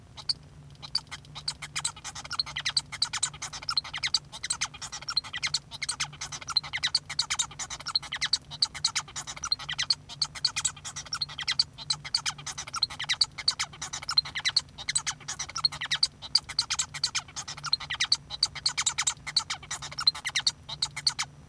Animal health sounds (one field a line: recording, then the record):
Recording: song of a male Bengalese finch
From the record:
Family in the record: son of father 1